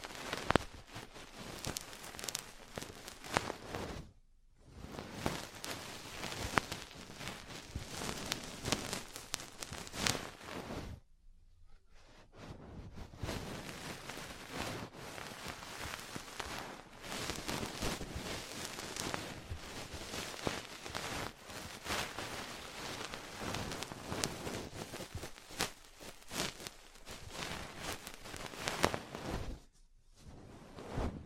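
Ear cleaning and massage sounds fill the recording with dense, crackly rustling and tapping, broken by brief silences near 4, 11 and 30 seconds.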